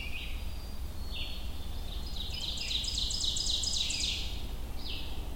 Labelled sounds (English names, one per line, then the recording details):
Ovenbird song
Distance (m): 35 m
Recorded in boreal forest in Alberta, Canada, on 25 June 2016 at 06:51
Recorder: SongMeter 3, array SBT-6-76
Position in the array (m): 25 m, 110 m
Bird 2